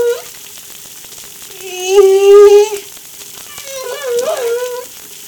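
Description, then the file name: Humpback whale song, a loud sustained harmonic moan followed by a softer wavering wail, with faint crackling in the background. Recorded off La Réunion by Darewin on 3 July 2013. "Humpback Darewin La Reunion Jul 03 2013"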